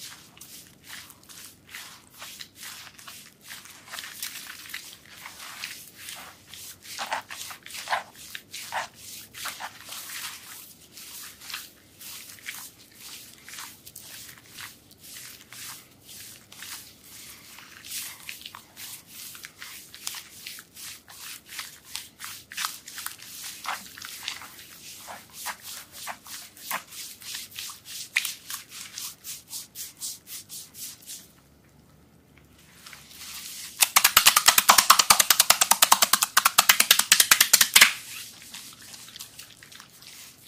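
Crisp squishing and clicking of soap being worked by hand, a dense run of small wet pops and smacks for about half a minute. A brief pause follows, then a louder, hissing rush of foamy rubbing lasts several seconds before it stops abruptly.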